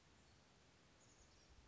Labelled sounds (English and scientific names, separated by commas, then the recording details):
Chestnut-backed Chickadee (Poecile rufescens)
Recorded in Sonoma County, California